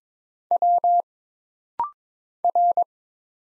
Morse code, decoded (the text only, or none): W R